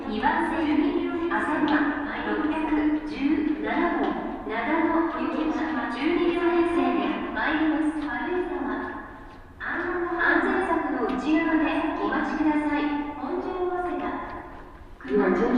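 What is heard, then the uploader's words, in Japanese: A woman's voice speaks steadily in even phrases, like an announcement on a Shinano Railway or Hokuriku Shinkansen train between Komoro, Ueda and Nagano. A low, constant hum runs underneath throughout, and the speech pauses briefly around nine seconds before continuing. しなの鉄道・北陸新幹線 小諸→上田→長野。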